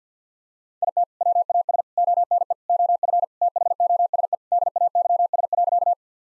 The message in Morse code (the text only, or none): IT WAS ONE OF THOSE DAYS.